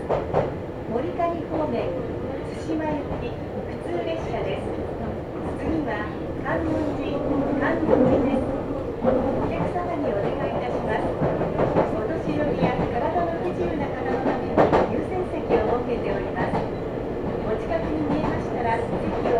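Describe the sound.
A Meitetsu Bisai Line train rolls along with a steady, dense rumble, with voices and brief clicks and clatters scattered throughout.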